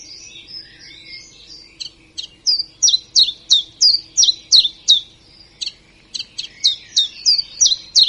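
Common chiffchaff song: a brief jumbled twitter, then high, downslurred notes repeated about three per second, pausing briefly midway before resuming.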